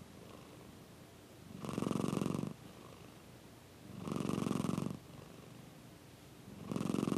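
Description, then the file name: Cat purr in rhythmic pulses, three loud rumbling surges about two and a half seconds apart with a softer purr between them. "mindmapthat - Purring Cat"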